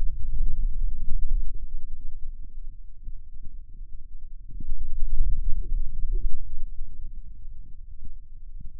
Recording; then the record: forearm muscle sounds (acoustic myography)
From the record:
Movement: finger pinch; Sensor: system 2, bracelet of six BSWA MPA416 microphones around the upper forearm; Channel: 5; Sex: male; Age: 22 years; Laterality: right